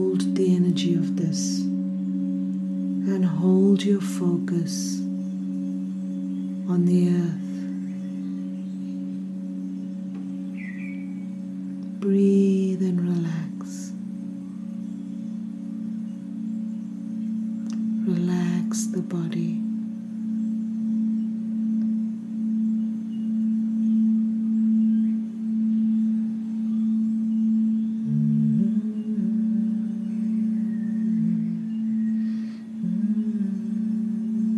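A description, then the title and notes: Singing bowls ring in a steady, sustained low hum with a slow pulsing waver that runs through the whole 35 seconds. Brief bright strikes or clinks cut in every few seconds, notably near the start, around 7, 12 and 18 seconds. Ayesha practices the traditional form of Sound healing, with the Tibetan singing bowls. The sounds from the bowls.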